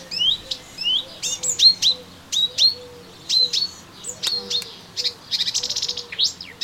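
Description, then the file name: Melodious warbler giving clipped, high chirps that turn into a quick buzzy chatter near the end, over a steady low hum. Recorded in a garden on 25 June 2017. "Orpheusspötter 2017 06 25 Garten"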